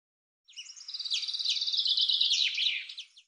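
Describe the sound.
Common chaffinch singing one complete phrase: a dense, rattling run of high repeated notes lasting nearly three seconds and ending in a quick flourish.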